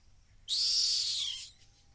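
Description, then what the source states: Rock hyrax call: a single harsh, high-pitched hissing screech lasting about one second, holding steady before fading, with a quiet background. Calling from the edge of a gorge in the Masai Mara.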